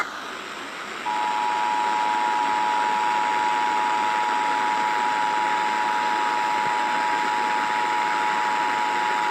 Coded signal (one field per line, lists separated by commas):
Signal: Emergency Alert System (SAME) tones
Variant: 853 and 960 Hz attention tone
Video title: Iowa Required Monthly Tests (EAS #976-995)